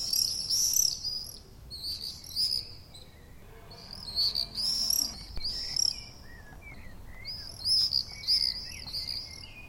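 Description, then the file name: Common swift screams, shrill high buzzy bursts in clusters with short pauses. Calls recorded on 6 June 2014. "Mauerseglerrufe MS 06-06-2014"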